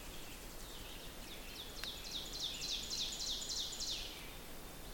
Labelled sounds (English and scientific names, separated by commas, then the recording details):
Ovenbird (Seiurus aurocapilla) song
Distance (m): 75 m
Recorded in boreal forest in Alberta, Canada, on 6 June 2016 at 07:57
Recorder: SongMeter 3, array SBT-3-51
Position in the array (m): 227 m, 155 m
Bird 28